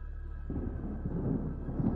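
A low, dry rumble of thunder swells in after a brief quiet moment and rolls on steadily, deep and heavy, with no rain or voices, shaking the ground.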